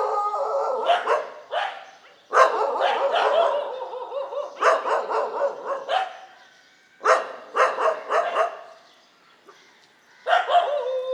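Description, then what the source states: Several dogs barking in uneven bouts of rough, overlapping barks, with silent gaps between groups and a final short burst. Several dogs barking together in morning street ambience on Mission Street, MG Road area, Puducherry, India.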